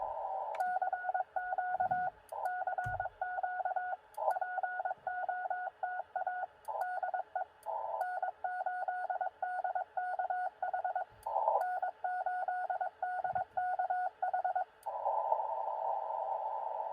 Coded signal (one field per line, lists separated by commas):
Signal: Morse code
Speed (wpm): 22 wpm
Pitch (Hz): 1460 Hz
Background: radio noise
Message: CQ CQ POTA DE N8DKH N8DKH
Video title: Bug POTA Activation QRP with ham stick and battery (also see description below)